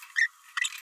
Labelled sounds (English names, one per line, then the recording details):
Green-rumped Parrotlet babbling
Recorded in a nest box in Venezuela
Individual 18B104A3